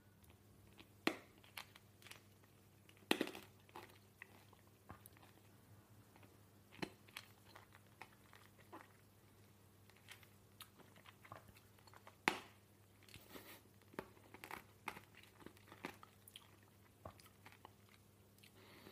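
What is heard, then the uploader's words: A person eating, with a steady stream of short, sharp crunches and clicks of chewing at an irregular pace. The loudest bites land near 1, 3, 7 and 12 seconds. A constant low hum runs underneath throughout. A PERSON EATING.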